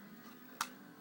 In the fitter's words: and that will unclick right there.